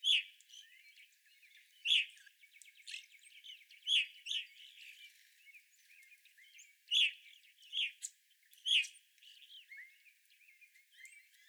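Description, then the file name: Evening grosbeaks giving several loud, ringing chirps over constant softer twittering. Several evening grosbeaks, recorded 25 April 2021. "2021-04-25 Evening Grosbeaks"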